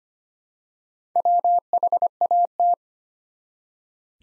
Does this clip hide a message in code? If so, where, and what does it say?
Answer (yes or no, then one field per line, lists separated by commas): yes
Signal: Morse code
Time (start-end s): 1.2-2.7 s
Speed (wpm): 25 wpm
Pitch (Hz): 700 Hz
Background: none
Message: WHAT